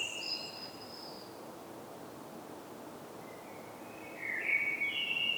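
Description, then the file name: Blackbird song: faint, thin high notes at the start, several seconds of background hiss, then a clearer fluted warble rising into a squeaky ending. "Turdus merula"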